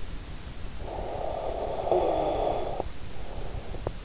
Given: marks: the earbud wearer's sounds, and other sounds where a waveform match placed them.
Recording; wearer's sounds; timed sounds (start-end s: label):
sounds in sleep by an in-ear microphone; snoring breath
0.44-4.02 s: snoring breath